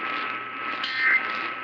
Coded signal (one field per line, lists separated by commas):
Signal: Emergency Alert System (SAME) tones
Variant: end-of-message bursts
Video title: Your Northeast Texas Weather Fix | EAS #1769-1775 (Severe Weather Alerts from 11/10/2021)